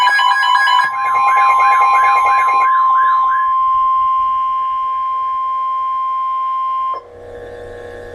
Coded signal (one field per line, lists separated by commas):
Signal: Emergency Alert System (SAME) tones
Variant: 1050 Hz attention tone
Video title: Severe Thunderstorm Warning - EAS #605